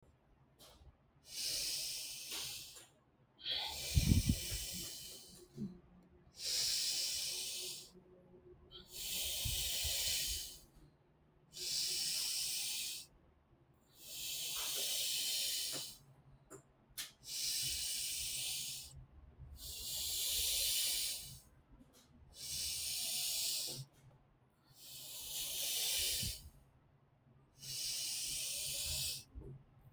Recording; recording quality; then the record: deep breathing; excellent, no background noise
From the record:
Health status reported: respiratory illness, not identified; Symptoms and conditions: asthma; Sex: male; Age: 39 years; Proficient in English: yes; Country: India